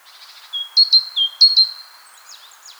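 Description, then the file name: Great tit song: several quick high-low two-note phrases, then a few faint, sharp down-slurred notes at the end, with soft background hiss. "Parus major"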